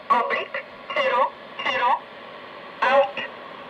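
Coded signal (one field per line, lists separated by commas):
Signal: numbers station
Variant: E07, English Man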